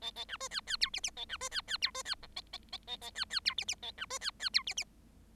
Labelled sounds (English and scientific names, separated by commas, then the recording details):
Bengalese Finch (Lonchura striata domestica) song
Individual Bird7